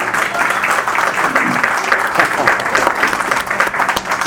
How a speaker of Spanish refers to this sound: Un aplauso por él.